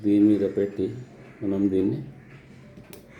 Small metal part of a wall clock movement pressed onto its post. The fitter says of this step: చేతిని నూకిన ఇది లాక్ అయింది.